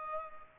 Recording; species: mosquito wingbeat signal from an infrared sensor; Culex pipiens